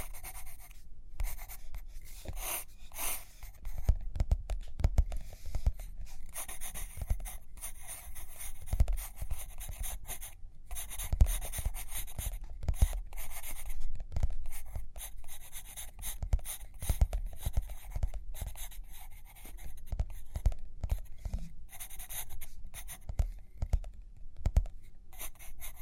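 Pen or pencil scratches steadily across paper in dense, bright strokes, with brief pauses and low knocks scattered throughout.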